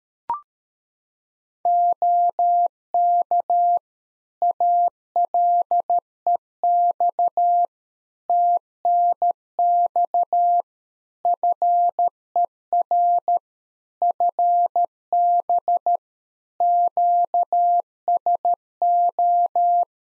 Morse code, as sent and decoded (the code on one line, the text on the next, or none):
--- -.- / .- .-.. . -..- / - -. -..- / ..-. . .-. / ..-. -... / --.- ... ---
OK ALEX TNX FER FB QSO